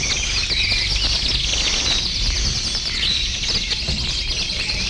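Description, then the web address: Many birds chirping and trilling at once, a continuous high twittering wash with a few clearer whistled notes, over steady background noise. "efectos sonido pajar"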